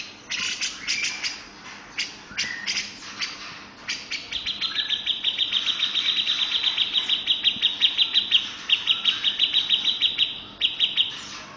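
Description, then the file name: Grey-cheeked bulbul song opening with scattered harsh buzzy notes, then settling into a sustained fast high trill that continues, with short pauses, until shortly before the end. "cucak jenggot om firly"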